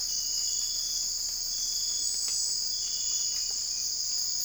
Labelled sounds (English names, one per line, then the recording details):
none
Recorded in secondary vegetation near Puerto Asís, Putumayo, Colombia, on 20 December 2024 at 03:30
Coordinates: 0.481, -76.318
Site G042